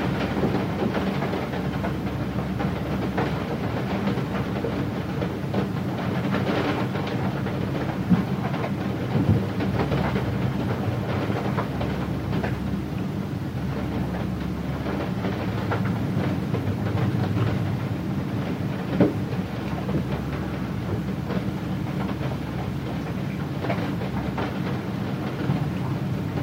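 Heavy rain drums steadily against a window in a dense, unbroken wash with a low rumble, broken by occasional sharper taps and knocks.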